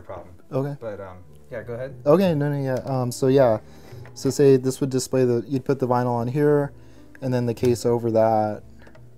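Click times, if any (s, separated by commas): none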